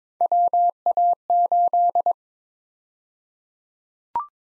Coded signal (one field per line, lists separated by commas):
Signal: Morse code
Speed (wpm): 22 wpm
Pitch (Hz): 700 Hz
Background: none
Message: WA8